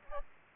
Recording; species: mosquito wingbeat signal from an infrared sensor; Aedes aegypti